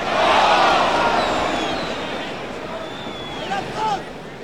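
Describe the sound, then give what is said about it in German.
A large, angry, hungry crowd of the people of Paris shouts and roars in the street demanding bread, a dense wall of raised voices that swells loudly at first, then settles into a steady, agitated clamour with occasional sharper individual cries. “Ihre Rufe sind so laut, dass nicht einmal die Königin sie überhören konnte.”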